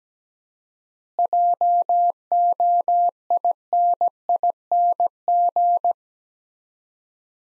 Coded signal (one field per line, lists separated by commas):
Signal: Morse code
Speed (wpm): 17 wpm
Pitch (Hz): 700 Hz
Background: none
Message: JOINING